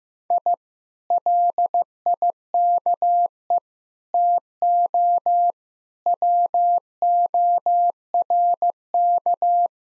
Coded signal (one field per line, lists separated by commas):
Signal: Morse code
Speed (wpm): 15 wpm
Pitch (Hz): 700 Hz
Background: none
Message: I LIKE TO WORK